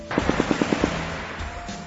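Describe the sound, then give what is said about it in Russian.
A short burst from a KPVT heavy machine gun on the turret of an armored personnel carrier, fired at a searchlight: about seven rapid, evenly spaced booming shots, followed by a low lingering rumble as the firing stops. “Башня бронетранспортера, который резко остановился, быстро повернулась на возникшую угрозу и уже без стеснения и жалости ударила по прожектору из КПВТ.”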